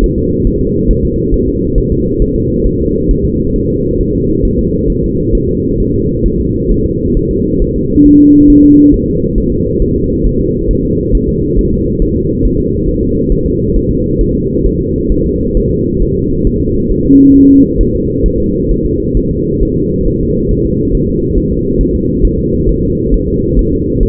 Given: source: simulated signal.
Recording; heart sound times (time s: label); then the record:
fetal heart sounds
0.04 s: S1
0.18 s: S2
0.47 s: S1
0.61 s: S2
0.91 s: S1
1.05 s: S2
1.34 s: S1
1.48 s: S2
1.78 s: S1
1.92 s: S2
2.22 s: S1
2.36 s: S2
2.67 s: S1
2.81 s: S2
3.11 s: S1
3.25 s: S2
3.56 s: S1
3.70 s: S2
4.01 s: S1
4.15 s: S2
4.45 s: S1
4.59 s: S2
4.90 s: S1
5.04 s: S2
5.35 s: S1
5.49 s: S2
5.80 s: S1
5.94 s: S2
6.26 s: S1
6.40 s: S2
6.71 s: S1
6.86 s: S2
7.17 s: S1
7.31 s: S2
7.62 s: S1
7.76 s: S2
8.06 s: S1
8.20 s: S2
8.50 s: S1
8.64 s: S2
8.94 s: S1
9.08 s: S2
9.38 s: S1
9.52 s: S2
9.82 s: S1
9.96 s: S2
10.27 s: S1
10.41 s: S2
10.71 s: S1
10.85 s: S2
11.15 s: S1
11.29 s: S2
11.59 s: S1
11.73 s: S2
12.02 s: S1
12.16 s: S2
12.45 s: S1
12.60 s: S2
12.89 s: S1
13.03 s: S2
13.32 s: S1
13.46 s: S2
13.77 s: S1
13.91 s: S2
14.21 s: S1
14.35 s: S2
14.66 s: S1
14.80 s: S2
15.12 s: S1
15.26 s: S2
15.57 s: S1
15.71 s: S2
16.02 s: S1
16.16 s: S2
16.47 s: S1
16.61 s: S2
16.91 s: S1
17.06 s: S2
17.36 s: S1
17.50 s: S2
17.81 s: S1
17.95 s: S2
18.26 s: S1
18.40 s: S2
18.71 s: S1
18.86 s: S2
19.17 s: S1
19.31 s: S2
19.63 s: S1
19.77 s: S2
20.07 s: S1
20.21 s: S2
20.51 s: S1
20.66 s: S2
20.95 s: S1
21.09 s: S2
21.38 s: S1
21.52 s: S2
21.81 s: S1
21.95 s: S2
22.25 s: S1
22.39 s: S2
22.69 s: S1
22.83 s: S2
23.14 s: S1
23.28 s: S2
23.59 s: S1
23.73 s: S2
24.03 s: S1
From the record:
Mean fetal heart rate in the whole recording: 135 bpm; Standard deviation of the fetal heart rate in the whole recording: 3 bpm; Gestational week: 36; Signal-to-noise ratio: -10.2 dB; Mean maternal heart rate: 72 bpm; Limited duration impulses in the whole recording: present